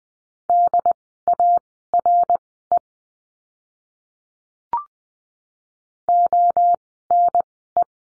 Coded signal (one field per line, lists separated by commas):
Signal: Morse code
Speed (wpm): 20 wpm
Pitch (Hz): 700 Hz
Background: none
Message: DARE ONE